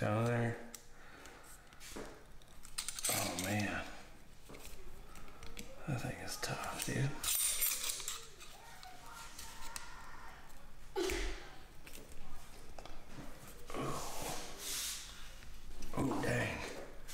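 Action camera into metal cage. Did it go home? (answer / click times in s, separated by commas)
no / none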